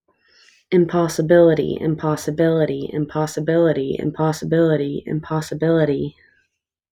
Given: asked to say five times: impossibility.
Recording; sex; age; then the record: repeated word; female; 20 to 29 years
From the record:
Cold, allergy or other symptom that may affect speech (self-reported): no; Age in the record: 25 years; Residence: Indiana, United States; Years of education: 17